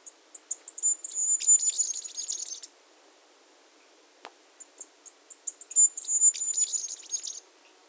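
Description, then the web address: Masked flowerpiercer singing two high-pitched twittering phrases, each opening with spaced chips that speed into a rapid jumbled warble lasting about two seconds. Recorded at Iguaque, Villa de Leyva and surroundings, Colombia. "sonidos de las aves iguaque villa de leyva y sus alrededores 35 Diglosa De Antifaz, Diglossa cyanea"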